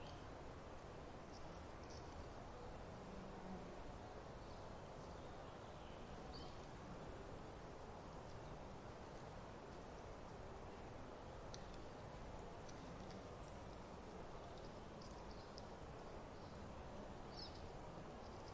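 Midday outdoors at a creek campground: a steady, dense wash of low rushing sound fills the whole clip without change, like moving water or wind in trees. Faint, brief high chirps from birds appear every few seconds throughout.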